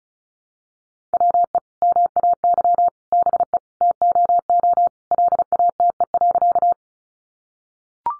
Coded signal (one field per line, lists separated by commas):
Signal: Morse code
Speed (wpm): 34 wpm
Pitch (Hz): 700 Hz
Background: none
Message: WE MAY BE TOO LATE.